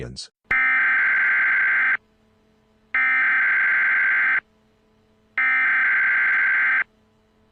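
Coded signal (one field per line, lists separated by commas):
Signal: Emergency Alert System (SAME) tones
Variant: header bursts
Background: speech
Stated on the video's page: Fictional EAS scenario.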